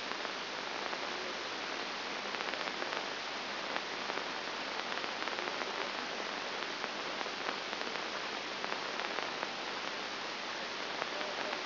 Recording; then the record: brain microelectrode recording played as sound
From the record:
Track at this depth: inside the subthalamic nucleus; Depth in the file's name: 1.504 mm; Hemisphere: left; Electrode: 2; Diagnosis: Parkinson's disease